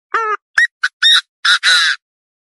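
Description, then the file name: Partridge calling: a nasal note, two clipped notes, then harsh squawks ending in a long raspy burst. "Tieng ga go"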